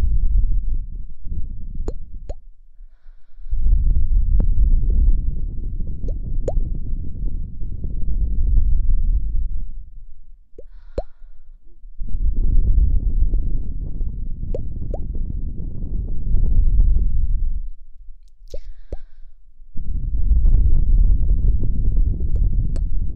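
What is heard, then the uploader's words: Muffled blowing sounds from inside the ear come in long low rushing bursts, roughly at 0–2, 3.5–10, 12–17.5 and 20–23 seconds, with near silence between them. Brief clicks and faint squeaks pop up now and then over the rumble. Inner ear blowing.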